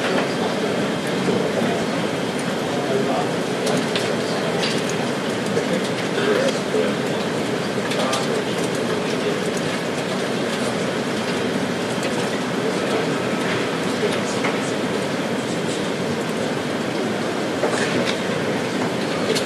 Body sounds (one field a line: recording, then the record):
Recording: background sound without coughing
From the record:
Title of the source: Office Sounds Ambience - Background Noise for Study and Work